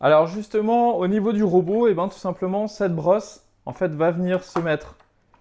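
Someone talks while holding the removable roller brush of a Roborock Flexi Lite wet-dry floor cleaner, about to place it into its slot in the cleaner's base. Two faint brief handling sounds come near the end at 5.0 s and 5.3 s. The brush has not yet seated or clicked into the base.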